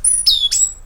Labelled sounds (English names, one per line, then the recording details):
Stitchbird song
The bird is a male
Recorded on Tiritiri Matangi Island, New Zealand, in 2005
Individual 12, of nest box 16